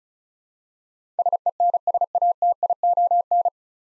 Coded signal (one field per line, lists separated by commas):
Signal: Morse code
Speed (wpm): 36 wpm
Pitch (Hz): 700 Hz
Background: none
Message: SENSATION